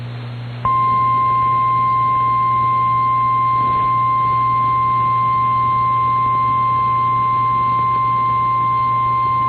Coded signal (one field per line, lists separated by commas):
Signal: Emergency Alert System (SAME) tones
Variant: 1050 Hz attention tone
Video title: Severe Thunderstorm Warning (KS and CO) (9/9/25) [EAS #291]